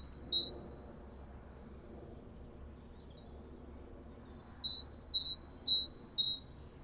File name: acclivity greattit